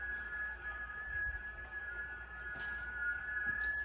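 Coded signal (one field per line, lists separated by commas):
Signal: FT8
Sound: several overlapping steady warbling tones, slowly shifting pitch, over background hiss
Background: radio static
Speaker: That's basically what the digital signal sounds like. And that's 12 meter.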